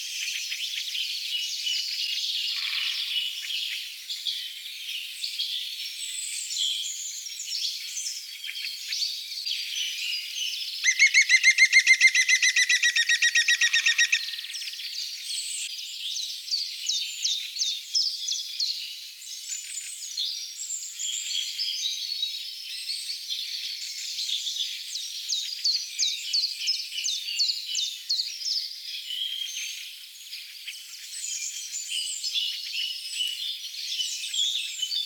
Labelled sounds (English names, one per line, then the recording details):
European Green Woodpecker song
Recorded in the wild
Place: Lilienhof / Kaiserstuhl, Baden-Württemberg, DE
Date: 1989-03-27
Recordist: Schwarz, Dieter